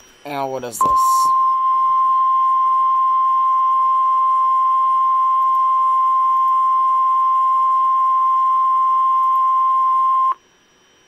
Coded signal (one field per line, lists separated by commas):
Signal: Emergency Alert System (SAME) tones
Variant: 1050 Hz attention tone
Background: speech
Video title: EAS 3272 SVR NWS Huntsville